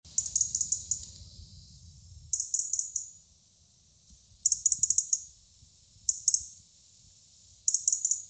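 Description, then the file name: European robin giving very high, thin, rapid ticking notes in several short bursts with quiet gaps between. "Erithacus rubecula"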